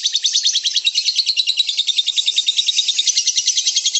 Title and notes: suara Master Kicau Lovebird ngekek, kicau pancingan